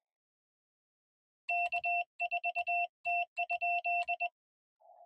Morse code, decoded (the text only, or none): K4T?